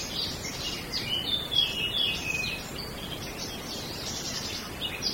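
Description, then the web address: Birds twittering, high chirps and warbling notes running through, over soft hiss. Small birds in a wood. "bosco Uccellini bosco e moscone"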